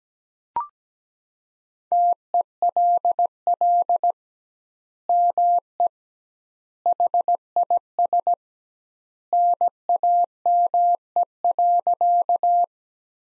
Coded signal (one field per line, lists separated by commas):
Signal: Morse code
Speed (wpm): 17 wpm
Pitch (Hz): 700 Hz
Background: none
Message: TELL ME HIS NAME.